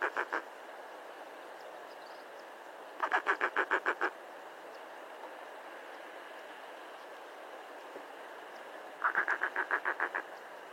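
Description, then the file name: Firewood-gatherer song: three short bursts of quick, harsh repeated notes, the first cut short, separated by a few seconds of quiet background hiss. "Canto do cochicho"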